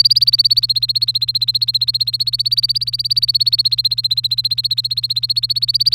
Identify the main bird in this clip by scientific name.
Serinus canaria